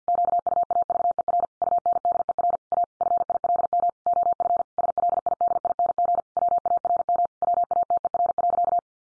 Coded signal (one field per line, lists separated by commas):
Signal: Morse code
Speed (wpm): 50 wpm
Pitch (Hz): 700 Hz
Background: none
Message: QUAVER UNDER A FILM OF SLIDING WARM WATER.